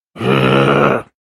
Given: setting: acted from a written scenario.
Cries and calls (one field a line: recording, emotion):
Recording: vocal sound without words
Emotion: anger